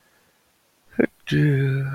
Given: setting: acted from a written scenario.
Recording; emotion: vocal sound without words; serenity